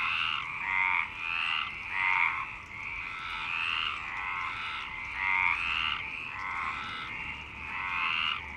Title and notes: Marseille, Provence-Alpes-Côte d'Azur, France - 26_03_11_19_35 Longchamps_004 grenouilles. Grenouilles au parc de Longchamp MIXPRE 6 + BASIC UCHO